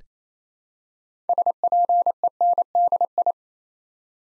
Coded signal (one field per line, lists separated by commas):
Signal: Morse code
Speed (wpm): 29 wpm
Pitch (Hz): 700 Hz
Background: none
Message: SPENDI